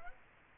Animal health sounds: mosquito wingbeat signal from an infrared sensor; Culex quinquefasciatus

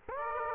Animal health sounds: mosquito wingbeat signal from an infrared sensor; Aedes aegypti

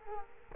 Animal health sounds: mosquito wingbeat signal from an infrared sensor; Culex quinquefasciatus

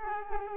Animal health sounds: mosquito wingbeat signal from an infrared sensor; Culex quinquefasciatus

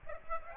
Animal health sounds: mosquito wingbeat signal from an infrared sensor; Aedes aegypti

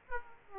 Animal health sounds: mosquito wingbeat signal from an infrared sensor; Aedes aegypti

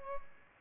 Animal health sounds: mosquito wingbeat signal from an infrared sensor; Aedes albopictus

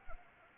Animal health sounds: mosquito wingbeat signal from an infrared sensor; Anopheles arabiensis

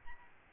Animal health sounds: mosquito wingbeat signal from an infrared sensor; Aedes albopictus

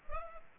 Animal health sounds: mosquito wingbeat signal from an infrared sensor; Culex pipiens

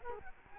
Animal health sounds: mosquito wingbeat signal from an infrared sensor; Culex quinquefasciatus

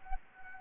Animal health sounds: mosquito wingbeat signal from an infrared sensor; Anopheles gambiae

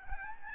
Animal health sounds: mosquito wingbeat signal from an infrared sensor; Aedes albopictus

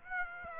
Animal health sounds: mosquito wingbeat signal from an infrared sensor; Aedes aegypti

